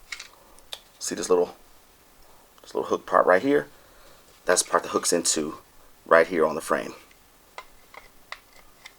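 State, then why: Not seated. Someone talks while handling a Ruger MK IV Tactical pistol, with the upper receiver's hook engaged on the grip frame and the part lined up with the hole before closing. Only small handling knocks are heard, around 0.1, 0.7, 7.6 and 8.3 seconds. Nothing has closed or clicked home yet.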